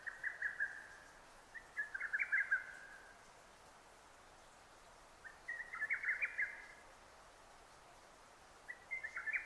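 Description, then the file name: Lesser cuckoo delivering several bursts of fast staccato notes separated by quiet pauses. Recorded 6 June 2009. "hototogisu-20090606"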